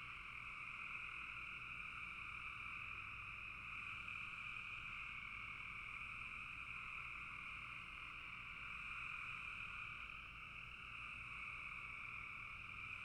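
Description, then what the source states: Frogs calling in a thick, continuous chorus that swells slightly now and then but never stops. Several frogs calling together in a bog.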